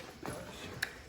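The folding handlebar stem assembly on a Jasion X-Hunter e-bike frame is raised and its metal latch is pushed closed. A softer knock comes at 0.3 s, then a sharp click at 0.8 s as the latch locks into place and the stem is seated.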